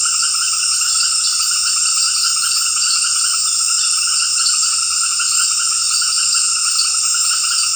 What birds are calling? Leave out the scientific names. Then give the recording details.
none. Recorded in dense forest near Puerto Asís, Putumayo, Colombia, on 18 February 2024 at 19:00. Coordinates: 0.484, -76.317. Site G6464